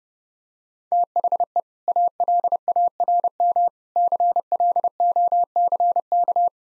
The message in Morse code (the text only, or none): THE ALARM CLOCK